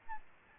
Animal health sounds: mosquito wingbeat signal from an infrared sensor; Aedes albopictus

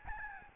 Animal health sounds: mosquito wingbeat signal from an infrared sensor; Aedes albopictus

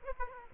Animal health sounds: mosquito wingbeat signal from an infrared sensor; Aedes aegypti

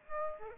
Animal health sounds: mosquito wingbeat signal from an infrared sensor; Aedes aegypti

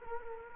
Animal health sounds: mosquito wingbeat signal from an infrared sensor; Culex quinquefasciatus

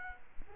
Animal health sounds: mosquito wingbeat signal from an infrared sensor; Culex quinquefasciatus

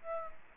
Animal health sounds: mosquito wingbeat signal from an infrared sensor; Aedes aegypti

